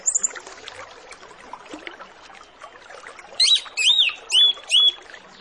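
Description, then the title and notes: Orange-headed Thrush song: after a noisy stretch, four loud rising-and-falling whistled phrases in quick succession, over steady background hiss. Full song with varied phrases, used as a lure recording to make Orange-headed Thrushes sing quickly and openly. "Masteran Anis Kembang Full Isian Untuk Suara Pancingan Anis Kembang Agar Cepat Ngeplong. Suara Burung Anis Kembang"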